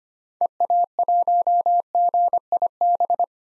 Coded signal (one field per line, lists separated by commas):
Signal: Morse code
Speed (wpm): 25 wpm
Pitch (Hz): 700 Hz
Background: none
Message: EA1GIB